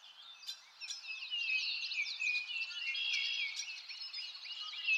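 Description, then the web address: Birds singing in a dense chorus, overlapping high chirps and twittering trills with quick sweeping notes, rising in intensity after the first second and continuing steadily. Birds in a forest, nature ambience. "lynne-publishing Nature Ambience Birds In a Forest"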